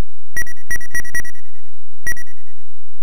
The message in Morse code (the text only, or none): none